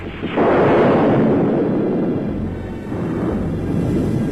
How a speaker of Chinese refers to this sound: 打雷了，下雨了，天哭了。